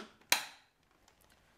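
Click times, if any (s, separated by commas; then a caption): 0.3 s. On a Shark Rotator Powered Lift-Away NV650, the dust cup is turned upside down over the trash and the top door release button is pressed, popping the plastic top door open. A single sharp, bright click at 0.3 s rings out and decays over about a third of a second, followed by a few faint ticks. The latch releases and the door opens.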